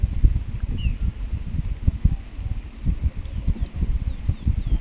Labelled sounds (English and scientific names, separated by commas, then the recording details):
none
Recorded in pastures near Puerto Asís, Putumayo, Colombia, on 22 December 2024 at 17:00
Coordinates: 0.486, -76.323
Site GP01